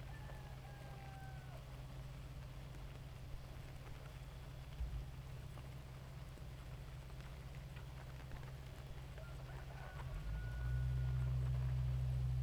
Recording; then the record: honeybee colony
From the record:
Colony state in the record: active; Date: 28 July 2017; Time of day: 2:39